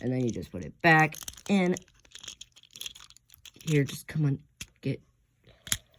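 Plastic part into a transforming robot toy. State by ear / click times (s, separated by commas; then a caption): seated / 5.7 s. Someone talks while pushing a plastic part of a transforming robot toy back into position, with small handling clicks around 2.8 to 3.3 seconds. The part snaps into place with a sharp click at 5.7 seconds and is seated.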